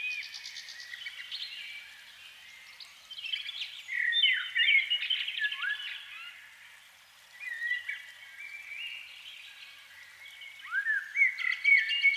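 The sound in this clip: Canary song: a continuous run of rolling trills and rapid warbled phrases with swooping slurred notes, easing briefly near seven seconds before louder trills return at the end.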